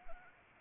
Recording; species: mosquito wingbeat signal from an infrared sensor; Anopheles arabiensis